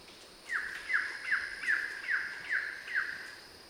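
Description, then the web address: Kagu uttering a rapid series of seven short, sharply falling yelping notes, spaced evenly at roughly two-fifths of a second, over faint background hiss. "sound Kagu. صدای-پرنده-کاگو"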